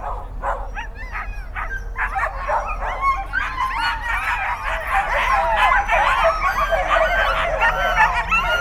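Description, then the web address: Sled dogs in a dense chorus of overlapping yelps and barks. Sled-dog chorus described as a 'concert', recorded in a farmyard. "allathangok parasztudvar kutya szanhuzokoncert beszedfoszlany"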